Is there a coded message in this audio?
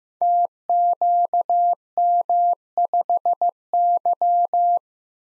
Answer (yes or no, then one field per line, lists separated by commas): yes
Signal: Morse code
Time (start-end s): 0.2-4.8 s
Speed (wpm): 15 wpm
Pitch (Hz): 700 Hz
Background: none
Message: TQM5Y